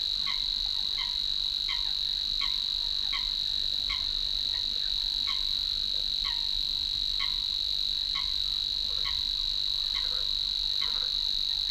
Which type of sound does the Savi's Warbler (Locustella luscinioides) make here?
song